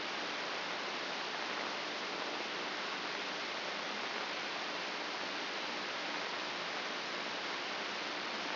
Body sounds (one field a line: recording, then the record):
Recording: brain microelectrode recording played as sound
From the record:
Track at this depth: outside the subthalamic nucleus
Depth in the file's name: 7.428 mm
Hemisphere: left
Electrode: 2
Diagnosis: Parkinson's disease